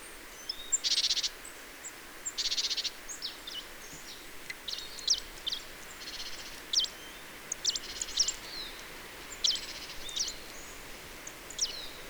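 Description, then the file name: Marsh Tit calls: repeated buzzy, nasal rattles mixed with many sharp high chipping notes throughout, over a light steady hiss. "Poecile palustris"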